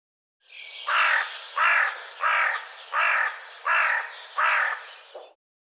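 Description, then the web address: Bird giving six harsh, cawing calls in a steady series, each note about half a second long with short gaps between, then a short final note. "cianscape birddata Deverinetal"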